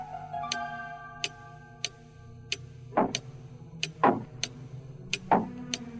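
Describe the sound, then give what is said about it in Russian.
A mantel clock above a fireplace ticks steadily, crisp regular clicks roughly every two-thirds of a second over a faint low hum, with a few heavier, duller knocks mixed in toward the end. “Стучали только часы над камином.”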